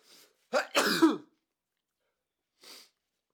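A quiet intake of breath leads into a single sharp voiced burst with a falling pitch, then a faint breath out about a second and a half later. This is one acted adult human sneeze.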